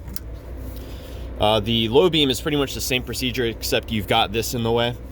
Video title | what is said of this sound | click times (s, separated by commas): 2011 Subaru Forester Headlight Bulb Replacement, Hi & Low Beam Fuses & Relays Identified | it will click in the | 0.2 s